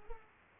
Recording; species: mosquito wingbeat signal from an infrared sensor; Culex pipiens